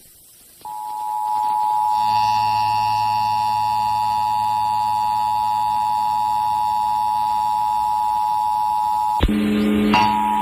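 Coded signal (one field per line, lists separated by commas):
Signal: Emergency Alert System (SAME) tones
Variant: 853 and 960 Hz attention tone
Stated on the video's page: Connecticut Monthly Test on Hartford FM station 95.7 MHz, 16.5 kW, received via SDR 35.4 miles from the transmitter.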